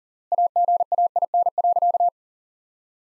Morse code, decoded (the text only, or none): AGAIN.